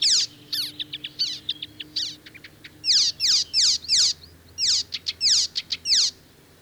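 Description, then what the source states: Icterine Warbler song of loud harsh downward-sweeping notes interspersed with quick ticks and chirps, repeated in an uneven rhythm with short pauses. Spring migrant arriving in Finland in late May; found in lush parks of southern and central Finland; a day singer; song mixes own motifs with mimicry of other birds, including harsh sounds.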